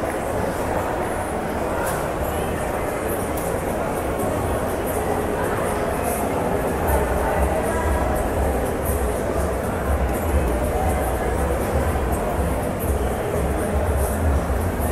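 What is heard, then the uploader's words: Shopping mall ambience: a steady, dense wash of murmuring voices over a low rumble that thickens after about seven seconds, with occasional faint clinks. SHOPPING MALL ASMR AMBIENT SOUND.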